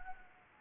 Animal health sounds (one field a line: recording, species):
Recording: mosquito wingbeat signal from an infrared sensor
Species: Anopheles arabiensis